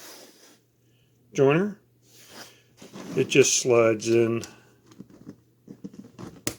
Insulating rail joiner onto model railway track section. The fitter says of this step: like that, snaps into place.